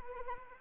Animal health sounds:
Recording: mosquito wingbeat signal from an infrared sensor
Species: Anopheles arabiensis

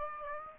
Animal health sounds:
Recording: mosquito wingbeat signal from an infrared sensor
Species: Aedes aegypti

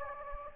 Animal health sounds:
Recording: mosquito wingbeat signal from an infrared sensor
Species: Anopheles gambiae

